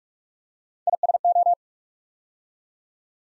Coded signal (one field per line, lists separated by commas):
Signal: Morse code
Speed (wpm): 44 wpm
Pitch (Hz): 700 Hz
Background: none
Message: ISO